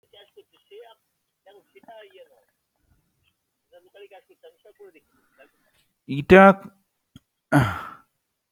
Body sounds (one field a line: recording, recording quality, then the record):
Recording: heavy voluntary cough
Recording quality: poor, much background noise or distortion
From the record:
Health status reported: COVID-19 positive, mild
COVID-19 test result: positive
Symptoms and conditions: fatigue, hypertension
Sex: male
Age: 30 years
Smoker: yes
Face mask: worn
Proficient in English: yes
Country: India